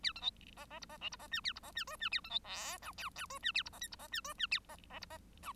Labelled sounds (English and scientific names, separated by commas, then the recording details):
Bengalese Finch (Lonchura striata domestica) song
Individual Bird1